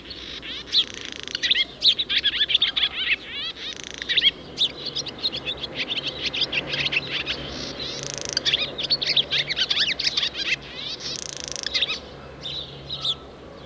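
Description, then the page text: Barn swallows twittering almost continuously: dense, chattering runs of bright chirps and buzzy notes from several birds, with a faint low hum underneath. Calling from house rooftops at Mieste, Drömling nature park, grass and marshland in the Altmark, central Germany, 28 July 2008. "080728, Barn Swallow Hirundo rustica, Mieste, Germany"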